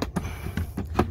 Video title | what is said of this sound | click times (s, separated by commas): Is a Zero Gravity Chair Worth It? | And comes up and locks in place. | 1.0 s